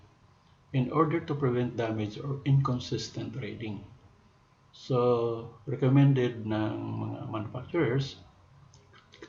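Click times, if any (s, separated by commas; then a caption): 8.7 s, 9.1 s, 9.2 s. A micrometer screw gauge's thimble is turned with the ratchet stop to close the spindle on an object held between the anvil and spindle. Someone talks, then the metal ratchet slips with three short clicks at 8.7, 9.1 and 9.2 seconds. That marks the recommended three clicks and confirms the ratchet has reached its setting.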